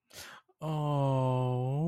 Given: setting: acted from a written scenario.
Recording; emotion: vocal sound without words; sympathy